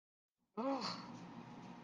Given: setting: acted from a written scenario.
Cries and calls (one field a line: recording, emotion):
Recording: vocal sound without words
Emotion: guilt